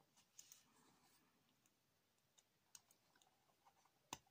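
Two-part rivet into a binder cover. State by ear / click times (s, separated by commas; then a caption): seated / 4.1 s. On the other side of a recipe binder, the two halves of a metal rivet are pressed together by hand through the cover, before any hammering. Faint small ticks and rustles lead to a sharp, bright click at 4.1 s as the halves engage. The rivet halves are seated together.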